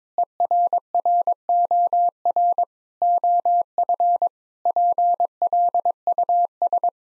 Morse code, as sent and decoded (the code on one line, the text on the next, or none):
. .-. .-. --- .-. / --- ..-. / .--. .-.. ..- ...
ERROR OF PLUS